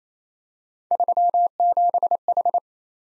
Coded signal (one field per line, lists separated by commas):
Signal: Morse code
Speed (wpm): 28 wpm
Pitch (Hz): 700 Hz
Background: none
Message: 37H